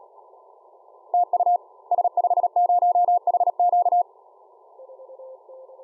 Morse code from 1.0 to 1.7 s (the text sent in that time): TU